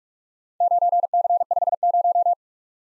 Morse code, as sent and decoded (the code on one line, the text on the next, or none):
----. -.-. ..... -----
9C50